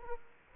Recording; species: mosquito wingbeat signal from an infrared sensor; Aedes aegypti